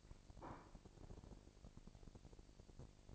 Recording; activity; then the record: daily activity, microphone in the room; place plate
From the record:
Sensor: 5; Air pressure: 1007.6 hPa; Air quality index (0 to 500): 92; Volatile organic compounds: 1 ppm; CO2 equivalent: 720 ppm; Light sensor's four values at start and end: 32/75/30/30 and 32/75/30/30